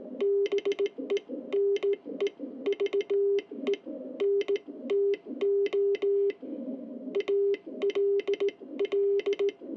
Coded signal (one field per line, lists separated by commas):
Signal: Morse code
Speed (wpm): 18 wpm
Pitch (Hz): 400 Hz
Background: none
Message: BENEVENTO ALL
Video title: EI2KC straight key morse QSO with Everaldo IZ8WSO in Italy